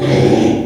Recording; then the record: squeal of a Yucatan mini pig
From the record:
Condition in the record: after surgery on the right vocal fold (resection and tissue-engineered implant); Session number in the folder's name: 4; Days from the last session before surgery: 42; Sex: male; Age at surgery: 12 weeks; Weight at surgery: 13 kg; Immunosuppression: cyclosporine, prednisolone